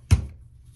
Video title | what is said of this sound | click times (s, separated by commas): How To Use The Pan6320W Portable Washing Machine- Step By Step Tutorial- Must Have Washer- | and you'll hear the click. There | 0.1 s